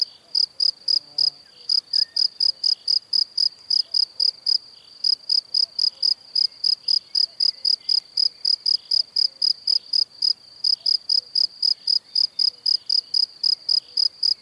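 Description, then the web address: Cricket singing a long series of sharp high chirps at a steady pace, with a few short gaps between bursts. "Kurs PTTK Przyroda Ptaki Świerszcze"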